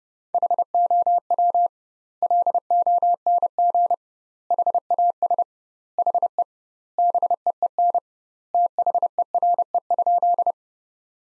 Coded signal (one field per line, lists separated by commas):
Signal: Morse code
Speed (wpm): 30 wpm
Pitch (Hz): 700 Hz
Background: none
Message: HOW LONG HAS HE BEEN THERE?